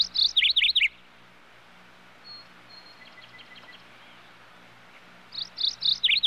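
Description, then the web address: Birds singing in short bursts of high, rapid chirping notes at the start and end, separated by a quiet stretch with faint calls. Various birds in a general outdoor country ambience. "birds various general ambience outdoors animal country"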